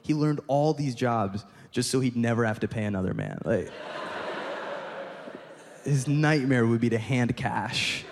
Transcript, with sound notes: He learned all these jobs just so he'd never have to pay another man. Like...
(LAUGHTER)
His nightmare would be to hand cash